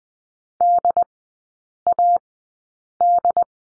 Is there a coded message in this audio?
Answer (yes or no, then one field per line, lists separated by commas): yes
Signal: Morse code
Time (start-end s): 0.6-3.4 s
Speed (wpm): 20 wpm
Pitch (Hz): 700 Hz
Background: none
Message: DAD